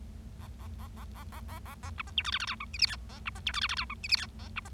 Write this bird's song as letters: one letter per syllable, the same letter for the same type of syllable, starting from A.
A A A A A A A A A B C D E F F G H I J K A B C D E F F G H I J K A B C